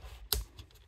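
A pull-the-dot snap on a knife sheath's dangler strap is rolled toward the tip to close it. A sharp snap rings out at 0.3 s, followed by a few faint ticks, and the snap is closed.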